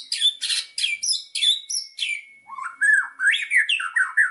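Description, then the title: White-rumped shama singing loud buzzy high bursts, then a run of lower rich whistled warbles. Song used as a lure to provoke a strong response; described as gacor, meaning singing loudly and continuously. "PANCINGAN MURAI BATU GACORSEKALI"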